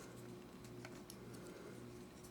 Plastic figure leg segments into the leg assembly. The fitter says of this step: Well, until you hear those clicks.